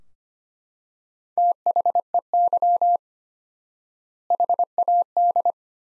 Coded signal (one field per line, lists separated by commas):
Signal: Morse code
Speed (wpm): 25 wpm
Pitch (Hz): 700 Hz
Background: none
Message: THEY HAD